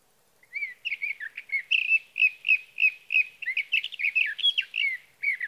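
Sage thrasher song, a long, rapid run of varied warbled notes, some repeated, growing more jumbled near the end.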